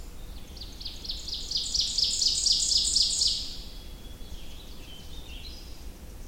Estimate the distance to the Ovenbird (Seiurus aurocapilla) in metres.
about 20 m